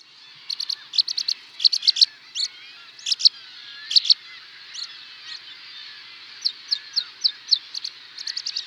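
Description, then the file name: Rock pipit song: high, rapid chirping phrases, some notes repeated in quick runs, with a few slurred notes. "skarpiplarka"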